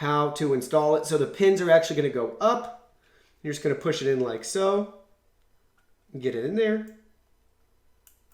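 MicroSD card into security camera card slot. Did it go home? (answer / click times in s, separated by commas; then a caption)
yes / 8.1 s. A microSD card is pushed pins-up into the spring-loaded card slot of a COOAU 4MP HD wireless PTZ home security camera while someone talks. After the speech stops, a short, faint click at 8.1 s marks the card latching into place, seated.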